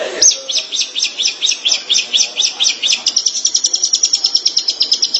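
Shrike song starting with slower, distinct high notes, then quickening into a tight, fast trill after three seconds.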